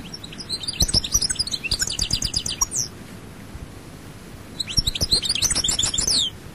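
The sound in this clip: European goldfinch song, a long tumbling phrase of sharp high twitters and buzzy notes, then a pause and another quick, glittering burst.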